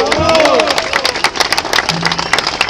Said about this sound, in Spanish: Nuestro aplauso para ustedes.